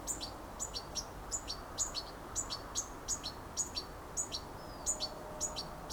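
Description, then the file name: European goldfinch with bright, clipped high call notes, spaced and fairly even, against a faint steady background hiss. "Carduelis carduelis"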